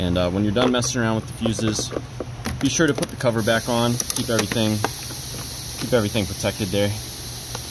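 Someone talks while the plastic fuse panel cover is being put back onto the interior fuse panel of a 2019 F150 truck, near the power point fuses, to keep everything protected. A steady low hum runs underneath the talking. The cover has not clicked into place yet; nothing has seated by the end.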